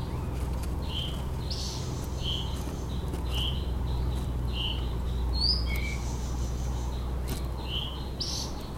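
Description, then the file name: White-tailed flycatcher song: a series of short, clear whistled notes, some upslurred and higher, spaced irregularly over a steady low rumble. "flycatcher-white-tailed -Cyornis-concretus"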